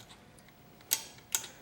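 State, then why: Seated. A spring retainer clip is pushed by hand into a Yamaha YZ250F motocross fork leg during a fork seal rebuild. After quiet faint ticks, two sharp metallic snaps ring out at 0.9 s and 1.4 s as the clip snaps into place. The retainer ends up seated all the way in.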